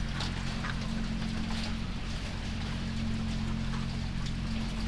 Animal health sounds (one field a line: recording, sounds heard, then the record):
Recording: poultry house recording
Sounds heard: sick chickens (respiratory disease)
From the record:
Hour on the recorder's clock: 3